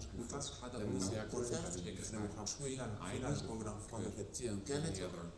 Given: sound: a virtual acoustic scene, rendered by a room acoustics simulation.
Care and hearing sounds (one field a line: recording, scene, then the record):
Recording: noise of the scene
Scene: underground station, no trains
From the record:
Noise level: 70 dB SPL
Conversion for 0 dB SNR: 0.7 dB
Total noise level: 70.7 dB SPL